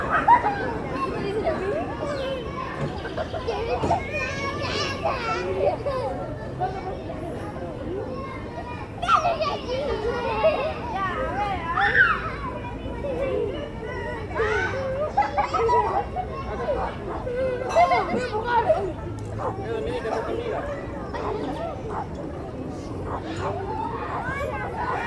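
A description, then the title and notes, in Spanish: Children laughing and chattering in the street, a dense, constant mix of overlapping voices with frequent bright shouts and squeals throughout. Efecto de sonido- Niños riendo en la calle.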